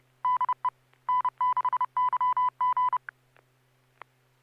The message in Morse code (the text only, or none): DE N6YG